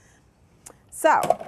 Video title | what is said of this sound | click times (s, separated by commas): Cuisinart Elite Collection 12 Cup Food Processor FP 12DC Demo Video | the machine press it down in the front and so it clicks press it down on the back until it clicks so | 0.7 s